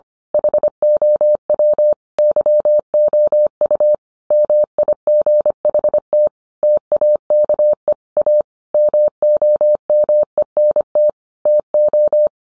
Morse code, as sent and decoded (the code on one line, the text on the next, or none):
.... --- .-- / -.-- --- ..- / -- .. --. .... - / - .- -.- . / .- / -- --- -- . -. - / - ---
HOW YOU MIGHT TAKE A MOMENT TO